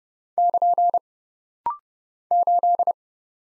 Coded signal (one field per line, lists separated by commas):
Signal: Morse code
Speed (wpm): 30 wpm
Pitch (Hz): 700 Hz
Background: none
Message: <KN> 8